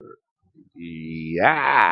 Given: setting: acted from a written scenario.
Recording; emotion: vocal sound without words; triumph